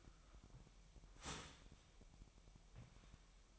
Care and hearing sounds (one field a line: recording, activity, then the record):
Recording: daily activity, microphone in the room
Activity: start toaster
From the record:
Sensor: 1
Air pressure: 1002.0 hPa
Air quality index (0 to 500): 240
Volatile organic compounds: 44 ppm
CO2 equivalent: 3215 ppm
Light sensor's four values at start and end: 10/35/12/14 and 10/35/12/14